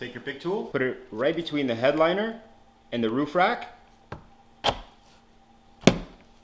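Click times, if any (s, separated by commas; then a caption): 5.9 s. A pick tool is pushed between the plastic headliner and the metal roof rail of a BMW G30 to pry the headliner edge free, after two T10 screws are removed. Someone talks, then short sharp knocks follow, and the headliner retaining clip pops loose from the roof rail with a sharp click at 5.9 s, leaving a small void.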